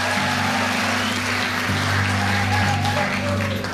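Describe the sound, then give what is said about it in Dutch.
A crowd in the large hall of a theatre claps steadily and densely for the Chabot family, authors of the Boekenweekgeschenk 'Gezinsverpakking', after Frits Spits asks for applause; a continuous wash at even loudness with a faint low tonal hum beneath it. “Mag ik een applaus voor die hele familie Chabot?”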